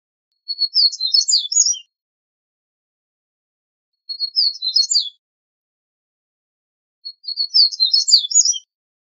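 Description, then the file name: Double-collared seedeater song: three short, high twittering phrases of rapid chirps, separated by silent pauses. "Sporophila caerulescens"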